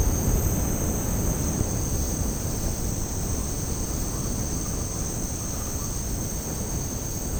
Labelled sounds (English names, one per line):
none